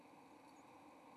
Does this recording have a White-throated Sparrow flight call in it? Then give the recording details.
no. Another species' flight call is heard. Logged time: 09:19 on 30 October 2014